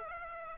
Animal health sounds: mosquito wingbeat signal from an infrared sensor; Aedes aegypti

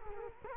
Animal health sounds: mosquito wingbeat signal from an infrared sensor; Culex quinquefasciatus

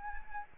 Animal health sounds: mosquito wingbeat signal from an infrared sensor; Anopheles arabiensis

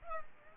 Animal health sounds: mosquito wingbeat signal from an infrared sensor; Culex pipiens

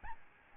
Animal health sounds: mosquito wingbeat signal from an infrared sensor; Aedes albopictus

